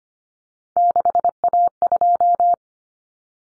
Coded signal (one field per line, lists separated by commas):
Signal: Morse code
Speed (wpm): 25 wpm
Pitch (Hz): 700 Hz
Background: none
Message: 6A2